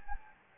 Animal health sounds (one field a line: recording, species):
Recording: mosquito wingbeat signal from an infrared sensor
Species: Anopheles gambiae